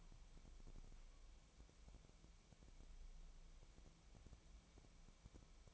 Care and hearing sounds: daily activity, microphone in the room; wipe stove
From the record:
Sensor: 1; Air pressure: 1001.7 hPa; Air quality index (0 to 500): 217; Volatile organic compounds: 27 ppm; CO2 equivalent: 2894 ppm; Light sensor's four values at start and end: 7/28/10/11 and 7/28/10/11

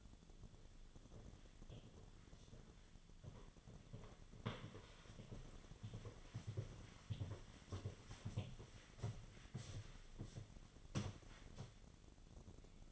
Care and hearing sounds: daily activity, microphone in the room; walk to room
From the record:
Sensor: 4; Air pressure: 1011.0 hPa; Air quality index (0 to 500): 161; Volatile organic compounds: 4 ppm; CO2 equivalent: 1642 ppm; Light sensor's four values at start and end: 43/123/49/51 and 42/119/48/50

